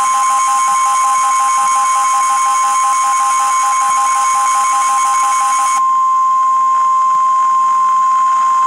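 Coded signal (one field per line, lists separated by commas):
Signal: Emergency Alert System (SAME) tones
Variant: 1050 Hz attention tone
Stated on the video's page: Real EAS alerts: special marine warning and tornado warning.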